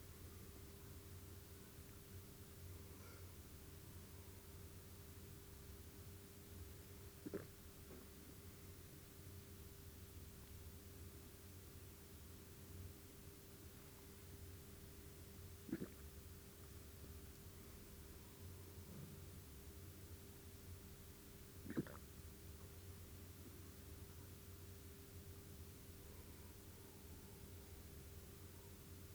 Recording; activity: daily activity, guitar pickup as the sensor; drink water